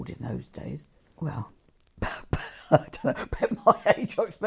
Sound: laughs